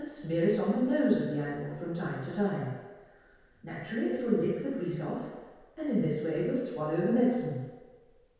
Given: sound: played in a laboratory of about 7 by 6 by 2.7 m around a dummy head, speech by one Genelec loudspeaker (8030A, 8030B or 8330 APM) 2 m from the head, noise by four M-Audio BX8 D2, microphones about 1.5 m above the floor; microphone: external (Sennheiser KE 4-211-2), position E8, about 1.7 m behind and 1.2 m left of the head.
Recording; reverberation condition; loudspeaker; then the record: female speech in English; high; 120 degrees to the right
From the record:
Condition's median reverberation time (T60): about 1300 ms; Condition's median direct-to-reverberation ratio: about -4.0 dB